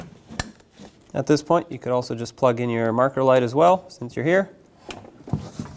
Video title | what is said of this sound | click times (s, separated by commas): How to Replace Front Lower Control Arms with Ball Joint 2012-2019 Fiat 500 | You won't be able to pull it very far, but just find the plug for it and press it until it clicks on. | 0.4 s